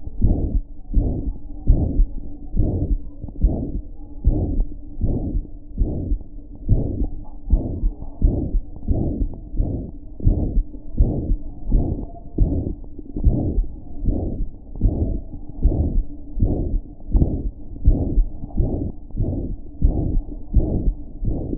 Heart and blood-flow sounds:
heart sounds
0.00	0.22	diastole
0.22	0.36	S1
0.36	0.52	systole
0.52	0.62	S2
0.62	0.96	diastole
0.96	1.10	S1
1.10	1.26	systole
1.26	1.36	S2
1.36	1.68	diastole
1.68	1.84	S1
1.84	1.94	systole
1.94	2.08	S2
2.08	2.58	diastole
2.58	2.74	S1
2.74	2.84	systole
2.84	2.98	S2
2.98	3.42	diastole
3.42	3.56	S1
3.56	3.68	systole
3.68	3.80	S2
3.80	4.26	diastole
4.26	4.42	S1
4.42	4.52	systole
4.52	4.66	S2
4.66	5.04	diastole
5.04	5.20	S1
5.20	5.30	systole
5.30	5.42	S2
5.42	5.80	diastole
5.80	5.96	S1
5.96	6.06	systole
6.06	6.18	S2
6.18	6.70	diastole
6.70	6.86	S1
6.86	6.96	systole
6.96	7.08	S2
7.08	7.50	diastole
7.50	7.64	S1
7.64	7.82	systole
7.82	7.92	S2
7.92	8.24	diastole
8.24	8.36	S1
8.36	8.52	systole
8.52	8.60	S2
8.60	8.90	diastole
8.90	9.02	S1
9.02	9.18	systole
9.18	9.28	S2
9.28	9.58	diastole
9.58	9.68	S1
9.68	9.84	systole
9.84	9.94	S2
9.94	10.26	diastole
10.26	10.38	S1
10.38	10.54	systole
10.54	10.64	S2
10.64	10.98	diastole
10.98	11.12	S1
11.12	11.28	systole
11.28	11.38	S2
11.38	11.70	diastole
11.70	11.86	S1
11.86	11.92	systole
11.92	12.00	S2
12.00	12.40	diastole
12.40	12.56	S1
12.56	12.64	systole
12.64	12.74	S2
12.74	13.24	diastole
13.24	13.42	S1
13.42	13.54	systole
13.54	13.66	S2
13.66	14.06	diastole
14.06	14.18	S1
14.18	14.36	systole
14.36	14.46	S2
14.46	14.82	diastole
14.82	14.96	S1
14.96	15.08	systole
15.08	15.20	S2
15.20	15.62	diastole
15.62	15.76	S1
15.76	15.88	systole
15.88	16.02	S2
16.02	16.38	diastole
16.38	16.52	S1
16.52	16.70	systole
16.70	16.80	S2
16.80	17.14	diastole
17.14	17.28	S1
17.28	17.44	systole
17.44	17.54	S2
17.54	17.86	diastole
17.86	18.02	S1
18.02	18.14	systole
18.14	18.26	S2
18.26	18.60	diastole
18.60	18.70	S1
18.70	18.84	systole
18.84	18.92	S2
18.92	19.20	diastole
19.20	19.32	S1
19.32	19.48	systole
19.48	19.56	S2
19.56	19.84	diastole
19.84	19.96	S1
19.96	20.16	systole
20.16	20.28	S2
20.28	20.54	diastole
20.54	20.68	S1
20.68	20.86	systole
20.86	20.96	S2
20.96	21.26	diastole
21.26	21.38	S1
21.38	21.56	systole
21.56	21.58	S2
From the record:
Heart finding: mitral regurgitation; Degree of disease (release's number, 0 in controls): 3 to 4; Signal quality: good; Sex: female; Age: 78 years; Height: 1.6 m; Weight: 85 kg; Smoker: no

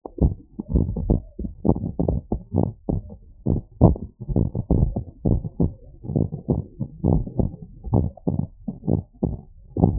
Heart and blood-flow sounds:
heart sounds
0.00	0.20	systole
0.20	0.30	S2
0.30	0.73	diastole
0.73	0.82	S1
0.82	1.09	systole
1.09	1.17	S2
1.17	1.64	diastole
1.64	1.74	S1
1.74	1.99	systole
1.99	2.07	S2
2.07	2.55	diastole
2.55	2.68	S1
2.68	2.88	systole
2.88	2.97	S2
2.97	3.46	diastole
3.46	3.58	S1
3.58	3.79	systole
3.79	3.93	S2
3.93	4.35	diastole
4.35	4.46	S1
4.46	4.74	systole
4.74	4.86	S2
4.86	5.25	diastole
5.25	5.38	S1
5.38	5.59	systole
5.59	5.71	S2
5.71	6.13	diastole
6.13	6.23	S1
6.23	6.48	systole
6.48	6.59	S2
6.59	7.04	diastole
7.04	7.17	S1
7.17	7.37	systole
7.37	7.49	S2
7.49	7.94	diastole
7.94	8.05	S1
8.05	8.27	systole
8.27	8.37	S2
8.37	8.87	diastole
8.87	8.98	S1
8.98	9.21	systole
9.21	9.31	S2
9.31	9.81	diastole
9.81	9.90	S1
9.90	9.99	systole
From the record:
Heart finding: normal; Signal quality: good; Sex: male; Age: 66 years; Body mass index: 20.1

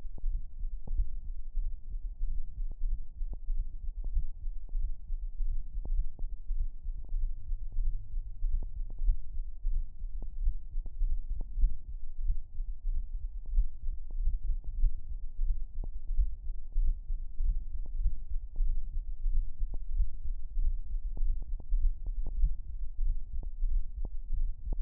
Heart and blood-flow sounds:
heart sounds
0.00	0.02	S2
0.02	0.26	diastole
0.26	0.40	S1
0.40	0.60	systole
0.60	0.70	S2
0.70	0.92	diastole
0.92	1.06	S1
1.06	1.26	systole
1.26	1.34	S2
1.34	1.58	diastole
1.58	1.72	S1
1.72	1.90	systole
1.90	2.00	S2
2.00	2.22	diastole
2.22	2.36	S1
2.36	2.56	systole
2.56	2.64	S2
2.64	2.84	diastole
2.84	2.98	S1
2.98	3.18	systole
3.18	3.28	S2
3.28	3.50	diastole
3.50	3.64	S1
3.64	3.84	systole
3.84	3.92	S2
3.92	4.14	diastole
4.14	4.24	S1
4.24	4.44	systole
4.44	4.54	S2
4.54	4.76	diastole
4.76	4.90	S1
4.90	5.12	systole
5.12	5.20	S2
5.20	5.40	diastole
5.40	5.50	S1
5.50	5.61	systole
5.61	5.70	S2
5.70	5.90	diastole
5.90	6.04	S1
6.04	6.24	systole
6.24	6.30	S2
6.30	6.52	diastole
6.52	6.66	S1
6.66	6.86	systole
6.86	6.94	S2
6.94	7.14	diastole
7.14	7.30	S1
7.30	7.50	systole
7.50	7.58	S2
7.58	7.78	diastole
7.78	7.94	S1
7.94	8.14	systole
8.14	8.22	S2
8.22	8.44	diastole
8.44	8.60	S1
8.60	8.76	systole
8.76	8.84	S2
8.84	9.02	diastole
9.02	9.16	S1
9.16	9.34	systole
9.34	9.44	S2
9.44	9.66	diastole
9.66	9.84	S1
9.84	10.04	systole
10.04	10.16	S2
10.16	10.40	diastole
10.40	10.56	S1
10.56	10.76	systole
10.76	10.84	S2
10.84	11.02	diastole
11.02	11.18	S1
11.18	11.32	systole
11.32	11.40	S2
11.40	11.58	diastole
11.58	11.72	S1
11.72	11.94	systole
11.94	12.02	S2
12.02	12.24	diastole
12.24	12.38	S1
12.38	12.56	systole
12.56	12.66	S2
12.66	12.88	diastole
12.88	13.02	S1
13.02	13.20	systole
13.20	13.30	S2
13.30	13.54	diastole
13.54	13.66	S1
13.66	13.86	systole
13.86	13.96	S2
13.96	14.18	diastole
14.18	14.34	S1
14.34	14.48	systole
14.48	14.56	S2
14.56	14.78	diastole
14.78	14.92	S1
14.92	15.10	systole
15.10	15.20	S2
15.20	15.42	diastole
15.42	15.58	S1
15.58	15.73	systole
15.73	15.85	S2
15.85	16.16	diastole
16.16	16.30	S1
16.30	16.46	systole
16.46	16.54	S2
16.54	16.78	diastole
16.78	16.94	S1
16.94	17.10	systole
17.10	17.20	S2
17.20	17.42	diastole
17.42	17.58	S1
17.58	17.76	systole
17.76	17.82	S2
17.82	18.02	diastole
18.02	18.14	S1
18.14	18.30	systole
18.30	18.40	S2
18.40	18.60	diastole
18.60	18.78	S1
18.78	18.96	systole
18.96	19.04	S2
19.04	19.26	diastole
19.26	19.44	S1
19.44	19.62	systole
19.62	19.72	S2
19.72	19.94	diastole
19.94	20.08	S1
20.08	20.24	systole
20.24	20.36	S2
20.36	20.58	diastole
20.58	20.74	S1
20.74	20.92	systole
20.92	21.00	S2
21.00	21.22	diastole
21.22	21.36	S1
21.36	21.52	systole
21.52	21.58	S2
21.58	21.74	diastole
21.74	21.92	S1
21.92	22.06	systole
22.06	22.14	S2
22.14	22.36	diastole
22.36	22.52	S1
22.52	22.72	systole
22.72	22.80	S2
22.80	23.02	diastole
23.02	23.16	S1
23.16	23.36	systole
23.36	23.44	S2
23.44	23.64	diastole
23.64	23.80	S1
23.80	23.98	systole
23.98	24.08	S2
24.08	24.32	diastole
24.32	24.48	S1
24.48	24.68	systole
24.68	24.78	S2
24.78	24.82	diastole
From the record:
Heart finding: mitral regurgitation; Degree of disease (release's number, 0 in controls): 3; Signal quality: good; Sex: female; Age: 63 years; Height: 1.55 m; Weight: 75 kg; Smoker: no

